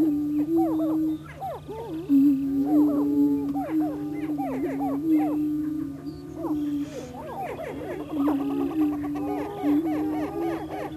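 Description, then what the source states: Greater prairie chicken chorus: a low moaning boom with bursts of sharp upslurred cackling calls, several birds calling at once. Recorded in Missouri.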